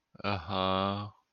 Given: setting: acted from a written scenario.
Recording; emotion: vocal sound without words; contentment